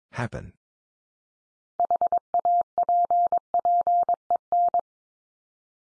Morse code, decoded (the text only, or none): HAPPEN